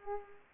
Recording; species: mosquito wingbeat signal from an infrared sensor; Culex pipiens